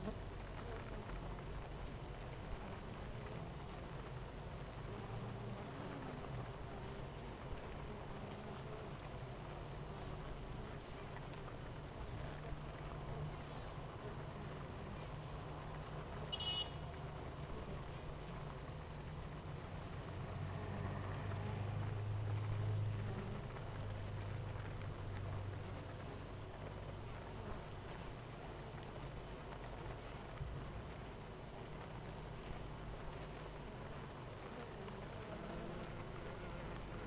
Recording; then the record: honeybee colony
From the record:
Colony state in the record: missing queen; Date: 14 July 2017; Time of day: 8:34